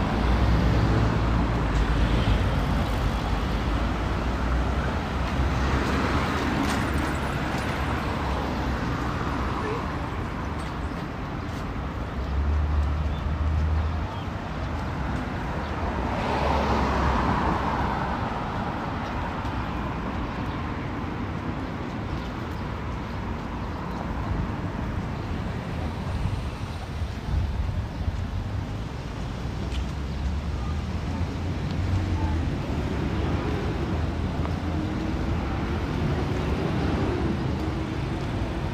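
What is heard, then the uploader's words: A steady city street wash of passing cars and traffic, with vehicles swelling by around 6 and 16 seconds and faint voices. Tel Aviv City Sounds. Walking In Ramat Aviv, Israel. Walking Around The Tel Aviv University.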